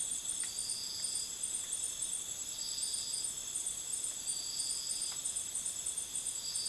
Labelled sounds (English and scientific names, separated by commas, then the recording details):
none
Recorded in dense forest near Puerto Asís, Putumayo, Colombia, on 18 February 2024 at 03:30
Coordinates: 0.505, -76.324
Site G6467